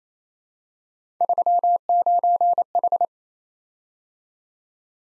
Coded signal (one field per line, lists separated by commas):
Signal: Morse code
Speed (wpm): 29 wpm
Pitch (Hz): 700 Hz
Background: none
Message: 39H